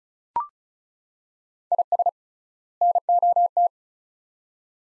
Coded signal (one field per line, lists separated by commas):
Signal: Morse code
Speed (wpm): 34 wpm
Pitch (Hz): 700 Hz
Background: none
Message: IS NOT